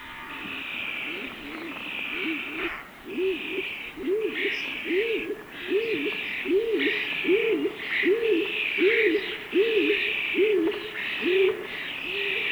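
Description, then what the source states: Stock Dove cooing: soft, low, hollow notes repeated steadily in a long series. Sweden.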